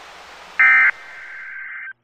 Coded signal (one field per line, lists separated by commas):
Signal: Emergency Alert System (SAME) tones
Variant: end-of-message bursts